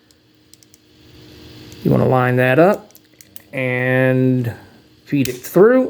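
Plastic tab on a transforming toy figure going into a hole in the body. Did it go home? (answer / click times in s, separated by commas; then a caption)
no / none. While closing a transforming toy figure back up, its long plastic tab is lined up and fed through a hole in the body. A few faint, sharp plastic ticks come early in the clip, and someone talks through most of it. Nothing has locked into place yet.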